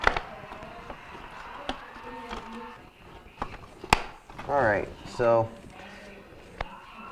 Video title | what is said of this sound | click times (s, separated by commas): Jenn-Air Dishwasher Repair - Not Draining - Control Assembly | so we got the 3 tabs that it snapped back into place on the bottom edge there. | 3.9 s